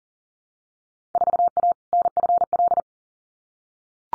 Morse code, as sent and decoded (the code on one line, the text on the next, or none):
....- .- / -. ..-. .-..
4A NFL